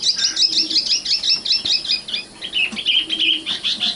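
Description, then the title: Oriental magpie-robin song: quick repeated high twittering notes in a rhythmic series, followed by lower warbled phrases. Kacer song. "Kicau Kacer"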